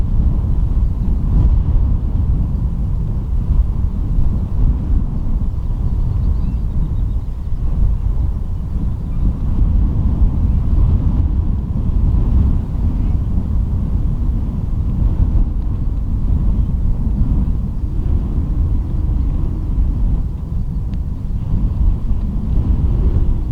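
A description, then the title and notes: Strong, steady wind roars around the lighthouse, a dense low rumble with gusty surges and a faint hiss of blowing sand throughout. Wind noise around Danish lighthouse. You can hear the noise of wind and flying sand around the lighthouse at Rubjerg Knude, in Lønstrup, North Jutland, Denmark.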